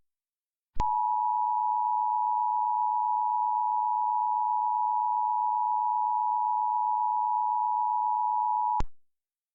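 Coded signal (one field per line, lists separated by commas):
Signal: Emergency Alert System (SAME) tones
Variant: 853 and 960 Hz attention tone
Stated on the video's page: Mock EAS alert.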